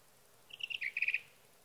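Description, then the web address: Sage thrasher song: a quick burst of warbled notes followed by a fast trill of repeated chips, lasting under a second. "birdsongforthecurious Sage Thrasher"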